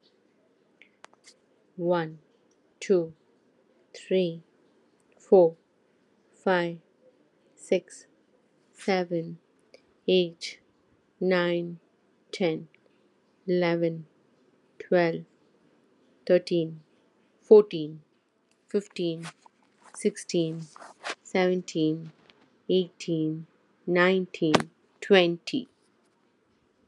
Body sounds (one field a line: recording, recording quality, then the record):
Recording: counting at a normal pace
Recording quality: excellent, no background noise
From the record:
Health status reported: healthy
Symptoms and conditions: none ticked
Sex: female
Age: 43 years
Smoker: not ticked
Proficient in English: yes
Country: India